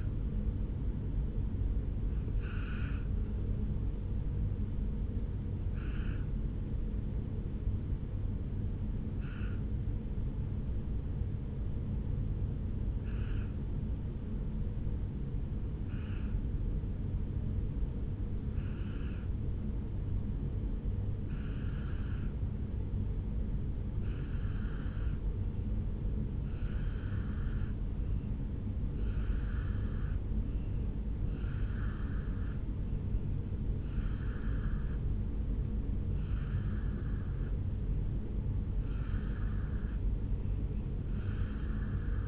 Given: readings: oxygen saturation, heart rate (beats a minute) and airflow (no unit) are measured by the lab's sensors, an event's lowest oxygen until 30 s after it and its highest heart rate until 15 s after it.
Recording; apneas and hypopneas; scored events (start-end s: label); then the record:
breathing in sleep by a smartphone at the bedside; 1
15.00-36.50 s: hypopnea (N2, oxygen 97% highest, then 89% lowest, heart rate 61 at the start, 72 highest)
15.00-42.28 s: new sleep stage, N2 (light sleep)
From the record:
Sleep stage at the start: N1 (lightest sleep); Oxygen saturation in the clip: 90 to 97%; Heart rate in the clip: 57 to 70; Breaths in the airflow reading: 15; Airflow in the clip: -2.9 to 3.1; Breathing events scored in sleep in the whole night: 449 in 7.0 hours asleep